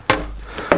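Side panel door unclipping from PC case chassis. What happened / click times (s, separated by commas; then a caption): The side panel snapped free of its clips / 0.1 s. A BitFenix Pandora PC case's side panel door is pulled off its chassis, where it is held by ball-stud clips that snap into the case. A sharp snap at 0.1 s marks the door popping free, followed by a softer sound around 0.6 s and another sharp snap near 0.7 s. The side panel is released from its clips.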